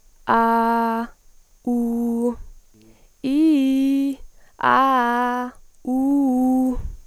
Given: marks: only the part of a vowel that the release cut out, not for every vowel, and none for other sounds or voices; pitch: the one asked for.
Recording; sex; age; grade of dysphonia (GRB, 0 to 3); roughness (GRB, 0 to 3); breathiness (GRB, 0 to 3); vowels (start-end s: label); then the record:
sustained vowels; female; 18 to 19 years; 0; 0; 0
0.37-0.97 s: vowel /a/, low pitch
1.70-2.26 s: vowel /u/, low pitch
3.32-4.06 s: vowel /i/, low-high-low pitch
4.71-5.41 s: vowel /a/, low-high-low pitch
5.94-6.70 s: vowel /u/, low-high-low pitch
From the record:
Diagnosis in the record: healthy voice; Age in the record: 19 years